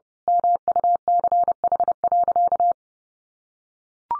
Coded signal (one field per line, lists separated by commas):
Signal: Morse code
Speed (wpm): 30 wpm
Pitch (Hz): 700 Hz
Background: none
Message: MUCH.